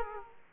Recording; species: mosquito wingbeat signal from an infrared sensor; Aedes aegypti